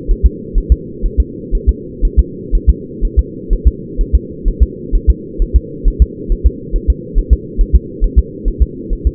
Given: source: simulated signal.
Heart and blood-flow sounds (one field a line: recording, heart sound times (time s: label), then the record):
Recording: fetal heart sounds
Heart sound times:
0.11 s: S1
0.26 s: S2
0.58 s: S1
0.72 s: S2
1.06 s: S1
1.20 s: S2
1.55 s: S1
1.69 s: S2
2.05 s: S1
2.19 s: S2
2.55 s: S1
2.69 s: S2
3.05 s: S1
3.19 s: S2
3.53 s: S1
3.67 s: S2
4.01 s: S1
4.15 s: S2
4.48 s: S1
4.63 s: S2
4.95 s: S1
5.10 s: S2
5.42 s: S1
5.56 s: S2
5.88 s: S1
6.02 s: S2
6.32 s: S1
6.47 s: S2
6.76 s: S1
6.90 s: S2
7.19 s: S1
7.33 s: S2
7.61 s: S1
7.75 s: S2
8.04 s: S1
8.19 s: S2
8.48 s: S1
8.62 s: S2
8.93 s: S1
9.07 s: S2
From the record:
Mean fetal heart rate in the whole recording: 130 bpm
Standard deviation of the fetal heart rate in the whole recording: 4 bpm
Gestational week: 38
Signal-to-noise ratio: -4.1 dB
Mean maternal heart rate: no maternal heart sound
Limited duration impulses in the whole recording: absent